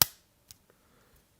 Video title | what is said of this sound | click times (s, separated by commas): build a keyboard with me [41] | should be able to hear a click | 0.0 s